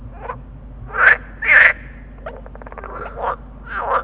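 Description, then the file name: Water frog chorus of loud, buzzy, pulsed croaks, with a fast clicking rattle in the middle and further croaks overlapping, over a low steady hum. Water frogs calling together in a chorus. "groenekikker roepkoor"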